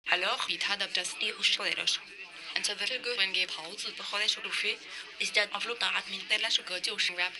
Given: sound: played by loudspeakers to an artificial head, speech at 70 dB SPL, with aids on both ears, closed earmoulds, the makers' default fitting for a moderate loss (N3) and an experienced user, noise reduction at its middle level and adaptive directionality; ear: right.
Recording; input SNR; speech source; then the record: speech test signal (ISTS) in cocktail-party noise; +9 dB; in front (0 degrees)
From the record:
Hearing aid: class 2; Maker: B